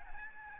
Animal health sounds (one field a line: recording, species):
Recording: mosquito wingbeat signal from an infrared sensor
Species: Aedes albopictus